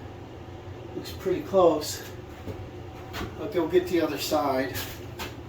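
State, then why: Not seated. A bathtub side panel is handled against the bathtub surround while someone talks over a low steady hum, with faint knocks and scrapes. Nothing has seated or clicked yet.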